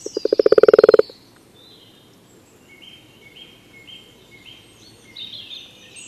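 Common toad croaking: a fast train of low pulses lasting about a second, then quiet with faint high birdsong in the background.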